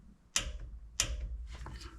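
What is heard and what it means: A click-type torque wrench tightens a fastener on a KRX engine during reassembly after a valve adjustment. Two sharp clicks at 0.4 s and 1.0 s show the wrench reaching its setting of 115, and the tightening is approved.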